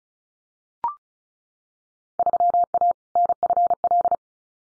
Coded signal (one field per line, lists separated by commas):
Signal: Morse code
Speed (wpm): 34 wpm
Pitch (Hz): 700 Hz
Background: none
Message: 3A NFL